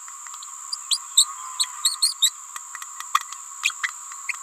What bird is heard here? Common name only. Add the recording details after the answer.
Green-rumped Parrotlet. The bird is a female. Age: 28 days. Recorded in a nest box in Venezuela. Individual 17B31A3